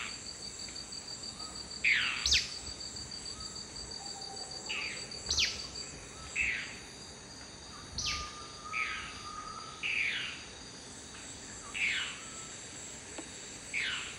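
Dusky-throated antshrike calling with a loose series of sharp, sweeping notes at irregular intervals against a constant insect drone.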